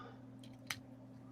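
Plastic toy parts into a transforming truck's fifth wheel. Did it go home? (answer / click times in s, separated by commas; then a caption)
yes / 0.7 s. Plastic parts of a transforming robot toy are pushed together into the fifth-wheel section of its truck mode over a low steady hum. A faint tick comes at 0.4 s, then a sharp snap at 0.7 s as the parts seat.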